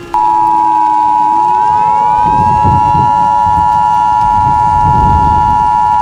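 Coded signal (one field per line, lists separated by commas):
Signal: Emergency Alert System (SAME) tones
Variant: 853 and 960 Hz attention tone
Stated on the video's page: Fictional EAS scenario about an invasion, not a real alert.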